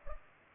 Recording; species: mosquito wingbeat signal from an infrared sensor; Culex pipiens